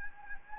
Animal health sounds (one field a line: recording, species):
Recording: mosquito wingbeat signal from an infrared sensor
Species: Anopheles gambiae